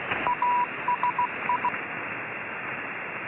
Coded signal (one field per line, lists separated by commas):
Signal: Morse code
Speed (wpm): 16 wpm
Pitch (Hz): 980 Hz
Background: radio noise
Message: ASI